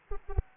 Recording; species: mosquito wingbeat signal from an infrared sensor; Anopheles arabiensis